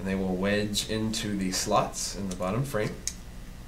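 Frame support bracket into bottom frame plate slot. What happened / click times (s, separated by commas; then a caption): Handled, not yet seated: no click from the bracket yet / none. Someone talks while plastic/composite frame support brackets are being handled for wedging into the slots of an Invertix 400 3D fixed-pitch multirotor's bottom frame plate. Only speech is heard, with no sharp hits or clicks in this stretch. Nothing has seated or clicked yet.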